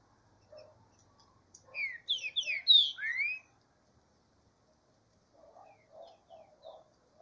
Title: Canto De Trinca Ferro Voz 08. Esquentando trinca-ferro no mato